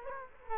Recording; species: mosquito wingbeat signal from an infrared sensor; Culex quinquefasciatus